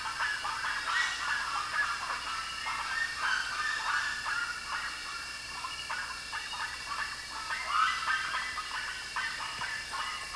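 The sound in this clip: Bird calls, a dense chatter of overlapping harsh notes over steady hiss.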